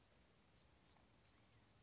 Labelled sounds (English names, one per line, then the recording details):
Blue-gray Gnatcatcher
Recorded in Sonoma County, California